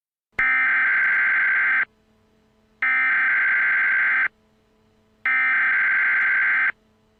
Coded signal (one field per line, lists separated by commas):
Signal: Emergency Alert System (SAME) tones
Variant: header bursts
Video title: EAS SCENARIO: Wendy Britt's 5 Grandchildren (WARNING! May Contain Cussing & Loud Sirens)